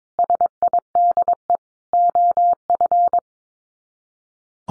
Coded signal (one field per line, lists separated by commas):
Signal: Morse code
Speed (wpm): 22 wpm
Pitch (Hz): 700 Hz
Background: none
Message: SIDE OF